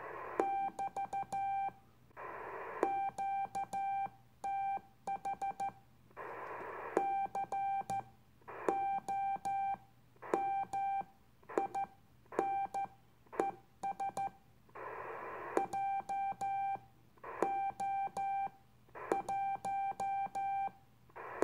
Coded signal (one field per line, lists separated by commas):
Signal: Morse code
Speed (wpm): 14 wpm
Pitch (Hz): 790 Hz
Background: none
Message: <BT> QTH COMINES JO1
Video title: My First Morse Code Radio Contact On VHF.